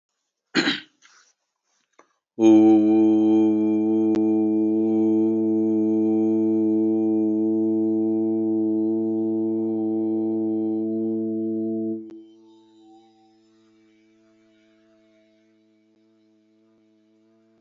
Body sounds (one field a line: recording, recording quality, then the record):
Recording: sustained vowel as in boot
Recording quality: excellent, no background noise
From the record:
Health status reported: exposed to COVID-19, no respiratory illness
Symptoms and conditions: sore throat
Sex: male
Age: 42 years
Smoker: not ticked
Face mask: not worn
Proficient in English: yes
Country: India